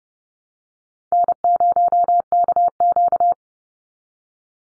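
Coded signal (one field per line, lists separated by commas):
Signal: Morse code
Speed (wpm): 30 wpm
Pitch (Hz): 700 Hz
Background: none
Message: N0KQ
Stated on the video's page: Morse drill of easy call signs for head-copy at 30wpm, each sent three times, then spoken, then sent again.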